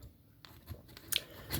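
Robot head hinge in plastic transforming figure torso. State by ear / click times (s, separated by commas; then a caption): seated / 1.2 s. The robot head of a plastic Transformers Studio Series 86 Deluxe Class Gnaw transforming figure is raised on its hinge in the torso during transformation. Several short, sharp plastic clicks and handling noises are heard, with the loudest sharp click at 1.2 s as the head clicks up into its locked position, seated.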